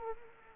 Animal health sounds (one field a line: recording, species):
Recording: mosquito wingbeat signal from an infrared sensor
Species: Anopheles arabiensis